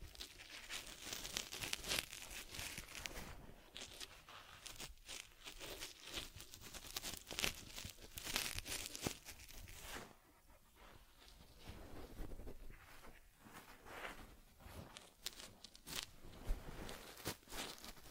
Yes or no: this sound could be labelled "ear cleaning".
yes